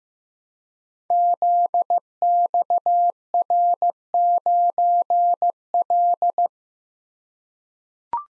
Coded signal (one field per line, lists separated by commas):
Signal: Morse code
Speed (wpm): 15 wpm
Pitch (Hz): 700 Hz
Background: none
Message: ZXR9L